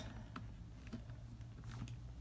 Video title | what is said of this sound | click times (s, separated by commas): RevAir Unboxing 2019 | if I can pop it in that's what I get oh it clicked | 0.4 s